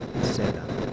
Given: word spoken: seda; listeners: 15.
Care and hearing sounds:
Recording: one Spanish word in noise, from a listening test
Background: noise modulated by three-talker babble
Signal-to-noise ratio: -6.6 dB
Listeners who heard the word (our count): 4 of 15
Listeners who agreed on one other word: 7 of 15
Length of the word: 0.53 s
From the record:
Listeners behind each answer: 7, 4, 2, 1, 1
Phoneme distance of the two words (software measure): 10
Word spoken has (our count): 2 syllables, 4 phonemes, stress on syllable 1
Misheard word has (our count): 2 syllables, 4 phonemes, stress on syllable 1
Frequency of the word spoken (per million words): 15.77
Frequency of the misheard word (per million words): 2.28

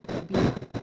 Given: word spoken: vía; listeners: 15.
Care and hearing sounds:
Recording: one Spanish word in noise, from a listening test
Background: noise modulated by one talker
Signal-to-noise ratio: -9.2 dB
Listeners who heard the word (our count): 1 of 15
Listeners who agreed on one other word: 9 of 15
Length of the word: 0.43 s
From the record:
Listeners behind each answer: 9, 1, 1, 1, 1, 1, 1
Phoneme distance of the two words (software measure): 7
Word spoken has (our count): 2 syllables, 3 phonemes, stress on syllable 1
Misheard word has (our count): 2 syllables, 4 phonemes, stress on syllable 1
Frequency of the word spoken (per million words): 108.20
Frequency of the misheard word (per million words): 809.46

